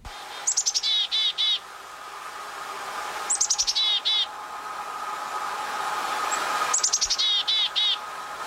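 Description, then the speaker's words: Black-capped chickadee giving its chickadee-dee-dee call three times, each a few high notes followed by a run of harsher dee notes, about every three seconds over a steady hum. Well-known chickadee-dee-dee call; the most common chickadee in the United States. "One of their most well-known noises is their chickadee-dee-dee sound."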